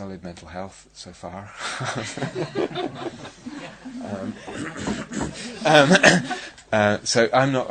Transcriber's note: laughter